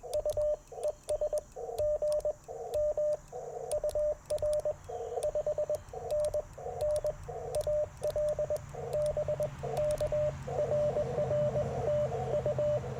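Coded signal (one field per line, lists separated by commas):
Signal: Morse code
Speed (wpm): 20 wpm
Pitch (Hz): 600 Hz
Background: radio noise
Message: U ES GM UR 5NN AL BK RR TU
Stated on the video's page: QRP CW Parks on the Air activation sent with paddles on an Icom IC-705 into a Chelegance MC-750 antenna.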